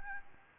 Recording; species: mosquito wingbeat signal from an infrared sensor; Anopheles arabiensis